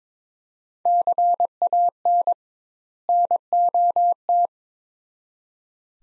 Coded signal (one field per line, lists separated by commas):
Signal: Morse code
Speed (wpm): 22 wpm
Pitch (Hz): 700 Hz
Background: none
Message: CAN NOT